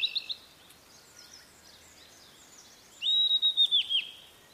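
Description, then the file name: Blue-and-white flycatcher: a few short notes at first, then a loud phrase of repeated, falling whistled notes after a quiet spell. "oruri"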